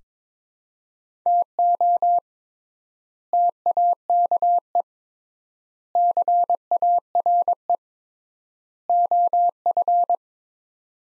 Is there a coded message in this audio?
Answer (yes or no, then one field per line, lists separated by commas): yes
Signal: Morse code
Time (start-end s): 1.3-10.1 s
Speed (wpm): 22 wpm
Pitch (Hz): 700 Hz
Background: none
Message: TO TAKE CARE OF